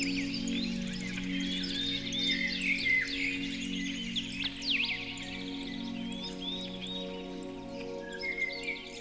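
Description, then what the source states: Bird song of rapid chirps and twittering with swooping whistles, layered over soft, held musical chords. Birdsong mixed with music.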